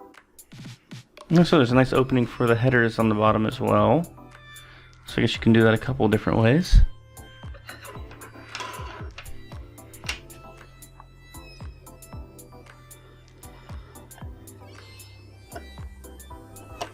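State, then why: Not seated. A small Raspberry Pi Zero W single-board computer is handled as it is fitted into its plastic case. Someone talks over background music, followed by light plastic taps and handling clicks around 7.7, 8.6 and 10.1 s. The board has not yet seated or snapped into place.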